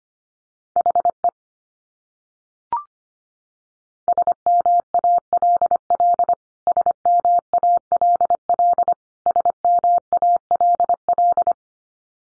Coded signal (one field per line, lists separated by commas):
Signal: Morse code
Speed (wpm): 25 wpm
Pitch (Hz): 700 Hz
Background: none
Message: HE SMALL SMALL SMALL